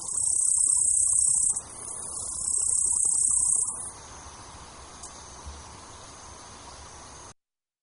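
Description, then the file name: Japanese bush cricket song: a continuous, very high buzzing trill in two long bursts of about one and a half seconds each, then only a faint hiss. "yabukiri"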